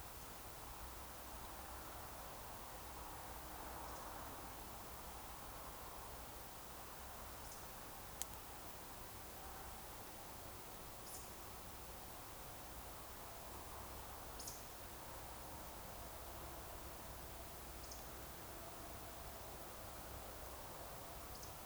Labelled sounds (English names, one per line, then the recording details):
Eurasian Woodcock whistle
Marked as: whistle, whistle, whistle, whistle, whistle, whistle, whistle
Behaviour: display flight
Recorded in Baden-Württemberg, Germany, on 29 June 2020 at 02:30 UTC
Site 43791, 788 m above sea level